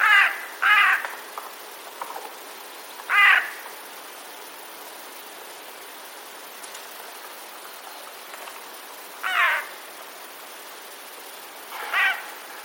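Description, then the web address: Eurasian jay alarm: harsh, grating screeches given at irregular intervals. Alarm call, recorded 26 September 2021. "wroblowe ostrzegator sojka"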